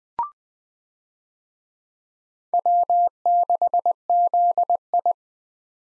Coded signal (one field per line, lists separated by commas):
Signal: Morse code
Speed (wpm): 21 wpm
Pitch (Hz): 700 Hz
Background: none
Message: W6ZI